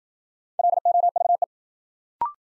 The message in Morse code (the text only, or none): LOVE